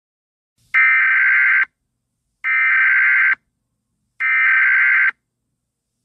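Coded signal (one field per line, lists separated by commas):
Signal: Emergency Alert System (SAME) tones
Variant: header bursts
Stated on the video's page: Fictional EAS scenario, not a real alert.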